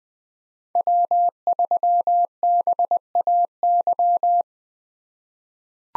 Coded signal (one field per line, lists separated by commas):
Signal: Morse code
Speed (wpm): 21 wpm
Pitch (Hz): 700 Hz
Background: none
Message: W3BAY